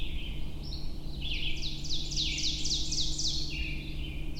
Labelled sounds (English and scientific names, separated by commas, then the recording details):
Ovenbird (Seiurus aurocapilla) song
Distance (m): 45 m
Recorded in boreal forest in Alberta, Canada, on 23 June 2016 at 05:17
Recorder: SongMeter 3, array SBT-6-76
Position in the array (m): 139 m, 99 m
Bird 3